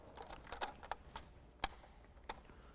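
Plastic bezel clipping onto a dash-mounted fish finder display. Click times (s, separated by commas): 0.9 s, 1.6 s, 2.3 s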